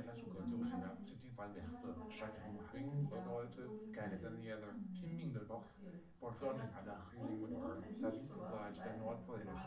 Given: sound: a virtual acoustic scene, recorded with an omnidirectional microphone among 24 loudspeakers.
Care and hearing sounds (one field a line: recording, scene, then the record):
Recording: noise of the scene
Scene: living room, asymmetric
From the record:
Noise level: 67 dB SPL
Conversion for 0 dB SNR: 5.4 dB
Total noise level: 72.4 dB SPL